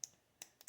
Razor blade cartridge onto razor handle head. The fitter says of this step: and it clicks into place.